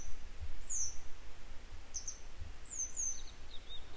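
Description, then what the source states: Grey wagtail calls: several sharp, high, thin notes, single and in quick pairs, spaced irregularly across a few seconds over a low background rumble. A pair of grey wagtails still searching for their young today; follow-up report.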